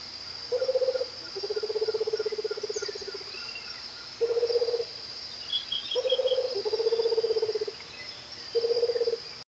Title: LuckyPassaro Completos2Sama. Rufous-capped Motmot (Baryphthengus ruficapillus)